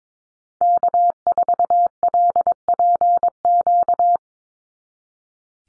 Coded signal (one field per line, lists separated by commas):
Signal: Morse code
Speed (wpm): 22 wpm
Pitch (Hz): 700 Hz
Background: none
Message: K4LPQ